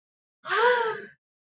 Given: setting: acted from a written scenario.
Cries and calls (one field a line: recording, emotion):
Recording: vocal sound without words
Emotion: positive surprise